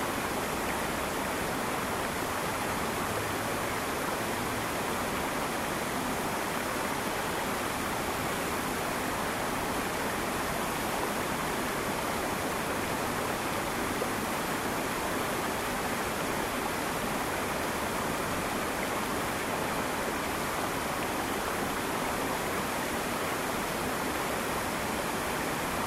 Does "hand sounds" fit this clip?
no